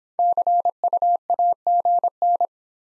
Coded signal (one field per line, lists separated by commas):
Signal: Morse code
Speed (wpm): 23 wpm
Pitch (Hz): 700 Hz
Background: none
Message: CU AGN